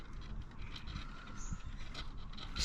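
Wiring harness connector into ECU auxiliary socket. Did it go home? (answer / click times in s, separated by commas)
no / none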